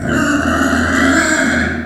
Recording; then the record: squeal of a Yucatan mini pig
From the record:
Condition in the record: after surgery on the right vocal fold (resection and tissue-engineered implant); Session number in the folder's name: 3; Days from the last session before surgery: 21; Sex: female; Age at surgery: 19 weeks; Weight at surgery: 25 kg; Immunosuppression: prednisolone